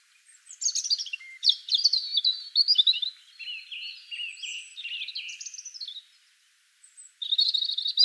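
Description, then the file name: European robin delivering a long, rich run of high warbles, trills and thin descending notes, a brief silence, then another sparkling phrase. "Erithacus rubecula"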